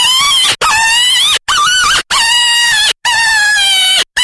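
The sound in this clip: Jackrabbit screaming in distress, several harsh, piercing cries, some wavering and bending in pitch, separated by short pauses.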